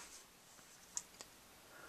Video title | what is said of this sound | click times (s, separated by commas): 1/100 MG Gundam RX-78-2 ver. 2.0 review (part 2) | And there's a peg at the end, which will snap into the beam saber handles, and that's how he holds it. | 1.0 s